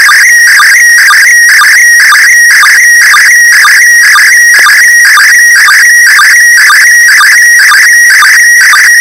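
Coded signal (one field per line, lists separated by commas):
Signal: SSTV (slow-scan television)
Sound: warbling, chirping tone shifting in pitch, with a short low blip twice a second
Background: radio static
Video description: Slow Scan Television (#SSTV) image transmitted from #ISS the International Space Station.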